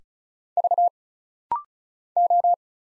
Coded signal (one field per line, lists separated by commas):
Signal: Morse code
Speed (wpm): 34 wpm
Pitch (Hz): 700 Hz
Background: none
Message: V O